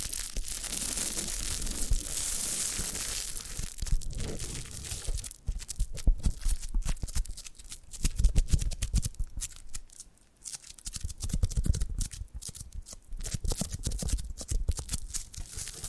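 Foam being massaged and squeezed, giving a dense, crackly rustle like crinkling or shuffling. For the first five seconds the sound is a smoother, steady hiss, then it breaks into choppy bursts of squeaks and crackles that swell and fade, with a brief lull near ten seconds.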